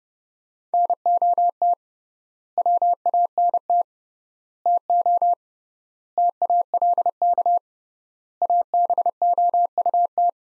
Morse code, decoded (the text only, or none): NOT WANT TO TALK ABOUT